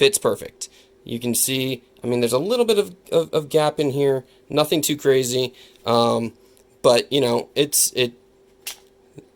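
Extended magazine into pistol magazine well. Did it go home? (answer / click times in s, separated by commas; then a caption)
yes / 8.7 s. Someone talks while a magazine fitted with a Cain Arms aftermarket base-pad extension is pushed into the grip's magazine well of a Canik TP9SF Elite pistol, which shows a slight gap. At 8.7 s the magazine seats with a sharp metallic snap, followed by a faint tick at 9.2 s. It locks in with no problems.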